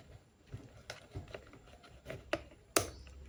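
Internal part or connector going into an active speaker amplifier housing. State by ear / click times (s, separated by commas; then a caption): seated / 2.8 s. A part is pushed into the amplifier housing of an active speaker during reassembly, with a few light taps and scrapes around 0.9, 1.3, 2.1 and 2.3 seconds. A sharp, bright click at 2.8 seconds marks the part seating into place.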